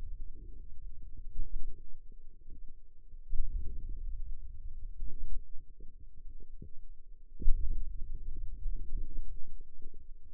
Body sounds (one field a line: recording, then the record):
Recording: forearm muscle sounds (acoustic myography)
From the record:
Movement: hand opening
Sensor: system 2, bracelet of six BSWA MPA416 microphones around the upper forearm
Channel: 2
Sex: female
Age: 21 years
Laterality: right